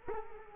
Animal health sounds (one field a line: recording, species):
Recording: mosquito wingbeat signal from an infrared sensor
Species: Culex quinquefasciatus